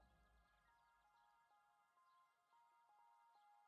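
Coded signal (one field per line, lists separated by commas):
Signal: none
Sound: game sound beeps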